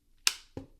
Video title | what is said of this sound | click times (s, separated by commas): DJI Air 3S Beginners Guide - Getting Ready For Your First Flight | just press it in until you hear it lock | 0.3 s